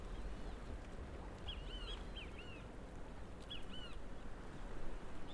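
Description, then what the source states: Yellow-chested birds calling: a few quick, sharp, arched notes in small clusters around the middle, then one more near the end, over low background rumble. A noisy species of yellow-chested birds recorded in St. George, Bermuda.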